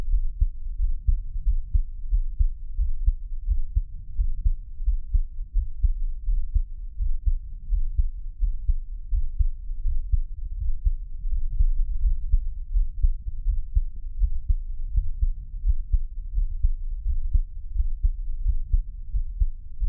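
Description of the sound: Muffled, deep thumping of an adult heartbeat heard up close, roughly 86 beats a minute, with no talking.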